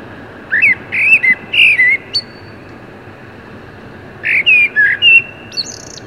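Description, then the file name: Common blackbird singing two mellow, fluty warbled phrases with a pause between, each closing with a thin, high squeak or twitter. "Turdus merula"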